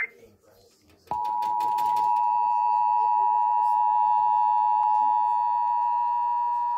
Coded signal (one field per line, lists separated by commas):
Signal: Emergency Alert System (SAME) tones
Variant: 853 and 960 Hz attention tone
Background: speech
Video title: EAS 473 Severe Thunderstorm Warning